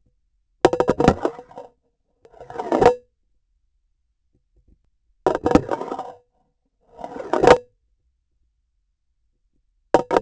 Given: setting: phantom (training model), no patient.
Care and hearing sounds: laparoscopic instrument, vibration sensor on the handle end; grasping forceps; insertion and removal through the trocar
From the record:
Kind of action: spatial motion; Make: Olympus

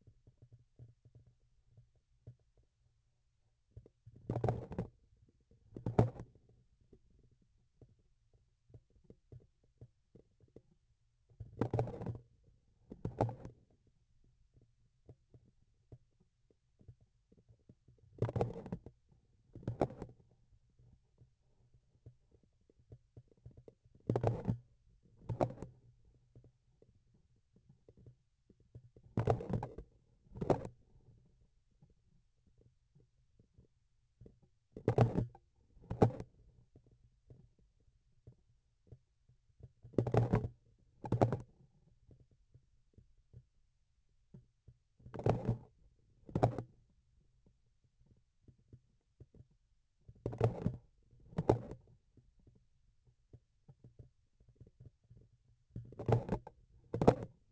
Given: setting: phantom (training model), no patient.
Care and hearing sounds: laparoscopic instrument, vibration sensor on the handle end; grasping forceps; opening and closing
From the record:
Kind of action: tool actuation without material contact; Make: other than Olympus

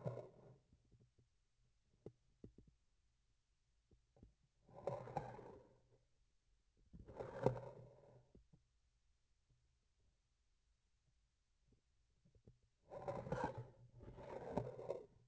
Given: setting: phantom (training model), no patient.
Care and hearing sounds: laparoscopic instrument, vibration sensor on the handle end; grasping forceps; approaching and retracting movements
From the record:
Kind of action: spatial motion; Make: other than Olympus

